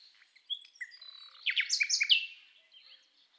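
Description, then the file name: Common nightingale singing a short phrase of mixed whistles, building to a loud burst of quick notes before fading. "Luscinia megarhynchos"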